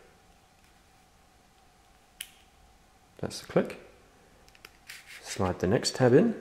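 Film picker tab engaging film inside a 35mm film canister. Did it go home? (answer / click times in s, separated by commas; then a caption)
yes / 2.2 s. A tab on a film picker (film leader retriever) is turned inside a 35mm film canister until it gives a short, sharp click at 2.2 s, showing the tab has engaged the film. After a quiet stretch, someone talks, and soft rubbing and sliding sounds follow.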